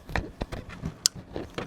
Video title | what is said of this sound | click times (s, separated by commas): Ford Super Duty Tail Light Replacement (Save $800+) | I can hear it. You want to hear it snap. | 1.1 s